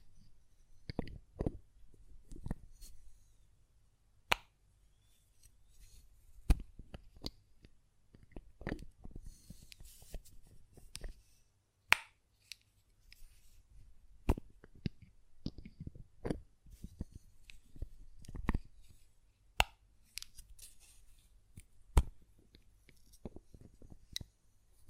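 A glass perfume bottle is tapped and its lid handled, giving sharp, bright clicks scattered irregularly across the whole stretch. The taps come in loose clusters with short pauses, some louder and crisper than others, over a faint low hum.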